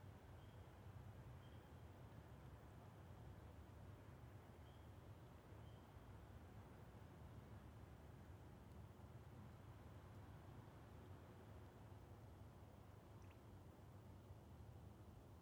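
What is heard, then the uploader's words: A steady, dense low rumble fills the whole stretch without letup, like a passing train, holding an even loudness throughout. Faint high peeps from spring peepers surface now and then, mostly in the first six seconds, with a brief sharper tick near thirteen seconds. Recorded in West Kingstown, Rhode Island on Liberty Road near the Great Swamp. Peepers and all the other critters came out. Peepers, Woodcocks & Trains.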